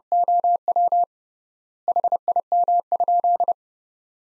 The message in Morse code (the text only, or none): OW HIM?